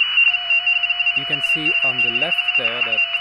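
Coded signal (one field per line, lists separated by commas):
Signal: RTTY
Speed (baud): 45.45 baud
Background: speech, radio noise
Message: OH2KM OH2KM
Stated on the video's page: Portable JS8Call data operation through an RT-320/PRC-320 radio with a homemade data cable.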